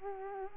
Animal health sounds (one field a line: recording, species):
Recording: mosquito wingbeat signal from an infrared sensor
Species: Culex quinquefasciatus